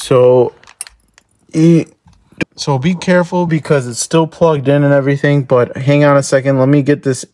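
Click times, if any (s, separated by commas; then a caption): 0.8 s. A screwdriver pushed into the back of a BMW steering wheel (DCT, broken paddle shifter) is turned to release the spring clip holding the driver airbag module, and the clip clicks loose sharply at 0.8 s with a few lighter ticks around it. The airbag module comes free but is still plugged in, and someone talks before and after.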